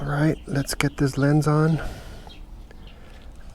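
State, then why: Not seated. Someone talks briefly, then a plastic rear tail light lens is handled and lined up on the tail light housing of an electric trike before fitting, with faint handling taps at about 2.3 s and 2.7 s. The lens has not been pushed home and nothing has clicked yet.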